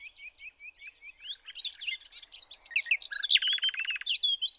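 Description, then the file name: Common nightingale song: a row of repeated short whistles, then a dense, loud jumble of chattering notes and a buzzy rattle. "Luscinia megarhynchos"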